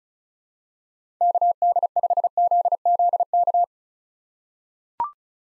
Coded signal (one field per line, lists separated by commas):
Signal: Morse code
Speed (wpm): 36 wpm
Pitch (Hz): 700 Hz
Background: none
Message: KD5ZZK